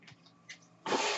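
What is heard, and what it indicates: Near silence, then a sudden steady rushing hiss of air: a home mechanical ventilator delivering a breath.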